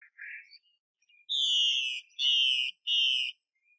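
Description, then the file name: Chinese hwamei song: a low warbled note, then three long, steady whistles. Female bird. "Tieng chim hoa mi mai xuy"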